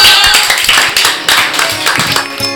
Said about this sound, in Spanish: Aplausos.